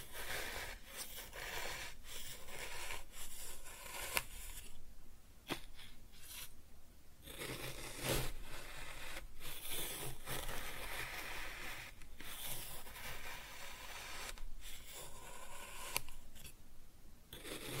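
Kinetic sand is cut and scooped in a steady run of grainy scraping and rubbing strokes, bright and hissy with little low end. Short pauses break the texture every second or two, with sharper cuts around 4, 5.5, 8 and 12 seconds.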